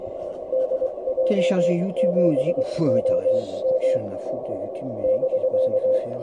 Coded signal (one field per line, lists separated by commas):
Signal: Morse code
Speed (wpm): 23 wpm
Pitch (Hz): 520 Hz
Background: speech, radio noise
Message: DJ7OM <BK>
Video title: Radio au Plateau de Caussols Avec Luc et Les Copains en Fréquence.